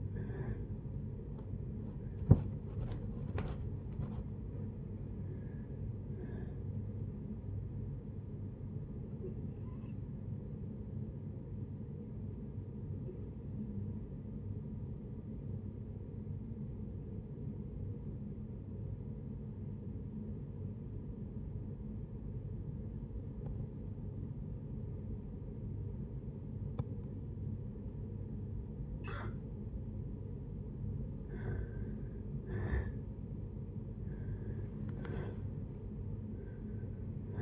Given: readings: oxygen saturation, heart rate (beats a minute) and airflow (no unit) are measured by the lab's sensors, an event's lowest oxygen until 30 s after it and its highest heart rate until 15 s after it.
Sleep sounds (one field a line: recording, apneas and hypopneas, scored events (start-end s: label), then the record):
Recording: breathing in sleep by a smartphone at the bedside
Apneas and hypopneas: 1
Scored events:
5.00-37.42 s: new sleep stage, N1 (lightest sleep)
7.00-31.50 s: hypopnea (N1, oxygen 98% highest, then 80% lowest)
From the record:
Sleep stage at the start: N2 (light sleep)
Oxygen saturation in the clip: 85 to 98%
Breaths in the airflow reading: 7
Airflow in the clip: -7.3 to 7.1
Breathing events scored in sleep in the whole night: 496 in 5.4 hours asleep